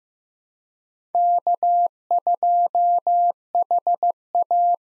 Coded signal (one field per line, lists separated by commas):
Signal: Morse code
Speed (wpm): 15 wpm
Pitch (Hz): 700 Hz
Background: none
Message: K2HA